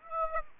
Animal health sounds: mosquito wingbeat signal from an infrared sensor; Aedes aegypti

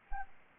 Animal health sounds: mosquito wingbeat signal from an infrared sensor; Anopheles arabiensis

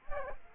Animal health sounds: mosquito wingbeat signal from an infrared sensor; Culex quinquefasciatus

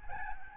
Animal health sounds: mosquito wingbeat signal from an infrared sensor; Aedes albopictus

